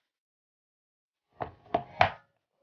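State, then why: Seated. A plastic protective guard is pressed onto the head of a second-hand Ryobi OLT1832 cordless string trimmer, with the trimming line already threaded through it; the guard had not been fitted because the machine is used. After silence, three knocking snaps are heard at about 1.4, 1.8 and 2.0 seconds, each louder than the last. The final, loudest snap at 2.0 seconds is the guard clipping into place, seated on the trimmer head.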